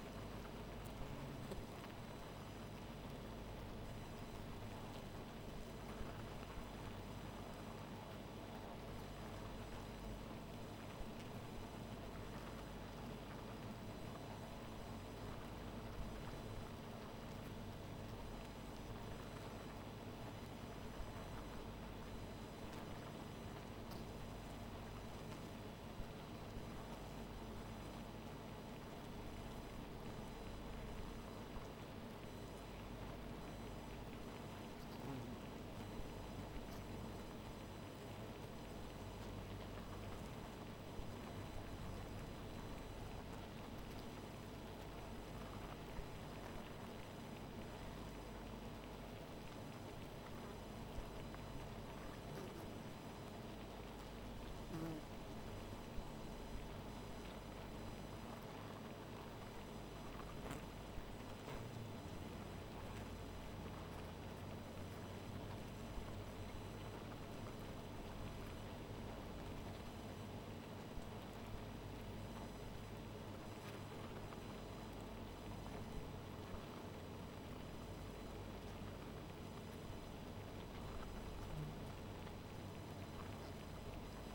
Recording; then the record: honeybee colony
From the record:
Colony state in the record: missing queen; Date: 14 July 2017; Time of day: 1:20